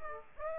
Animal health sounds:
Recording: mosquito wingbeat signal from an infrared sensor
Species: Aedes aegypti

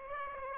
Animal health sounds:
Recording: mosquito wingbeat signal from an infrared sensor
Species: Aedes aegypti

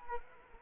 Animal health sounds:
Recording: mosquito wingbeat signal from an infrared sensor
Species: Anopheles arabiensis

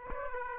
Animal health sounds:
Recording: mosquito wingbeat signal from an infrared sensor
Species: Aedes aegypti

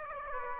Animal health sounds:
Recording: mosquito wingbeat signal from an infrared sensor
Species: Aedes aegypti

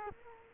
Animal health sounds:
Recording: mosquito wingbeat signal from an infrared sensor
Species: Culex quinquefasciatus

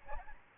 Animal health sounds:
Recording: mosquito wingbeat signal from an infrared sensor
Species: Aedes albopictus

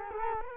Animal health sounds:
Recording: mosquito wingbeat signal from an infrared sensor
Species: Culex quinquefasciatus

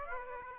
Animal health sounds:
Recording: mosquito wingbeat signal from an infrared sensor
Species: Aedes aegypti

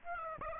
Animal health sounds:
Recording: mosquito wingbeat signal from an infrared sensor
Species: Aedes aegypti

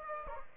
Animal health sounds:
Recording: mosquito wingbeat signal from an infrared sensor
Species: Aedes aegypti

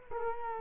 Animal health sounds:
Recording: mosquito wingbeat signal from an infrared sensor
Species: Culex quinquefasciatus

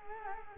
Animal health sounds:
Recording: mosquito wingbeat signal from an infrared sensor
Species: Culex quinquefasciatus

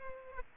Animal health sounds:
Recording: mosquito wingbeat signal from an infrared sensor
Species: Aedes aegypti

